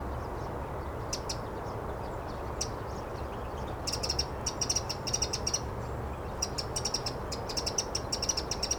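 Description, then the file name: Eurasian wren calls: very high, thin ticking notes given in quick clusters, becoming a busier run of rapid chattering bursts over a steady low rumble of background noise. "Troglodytes troglodytes"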